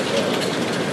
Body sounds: background sound without coughing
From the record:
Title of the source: Office Sounds Ambience - Background Noise for Study and Work

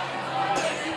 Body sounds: coughing mixed with background sound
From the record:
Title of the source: 64 coughing, allergies, singing lungs

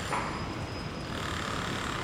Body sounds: background sound without coughing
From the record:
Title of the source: 30 MINUTES Construction Site Ambience (CC BY 4.0)

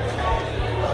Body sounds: background sound without coughing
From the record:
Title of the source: CITY SOUNDS Busy Bar in the Evening Night - 2 HOURS of Ambiance for Relaxation

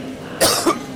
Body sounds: coughing mixed with background sound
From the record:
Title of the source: Coughing 79

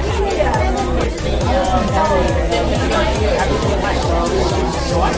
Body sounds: background sound without coughing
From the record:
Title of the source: Nightlife Party Simulating Party Club Noise 1 Hour

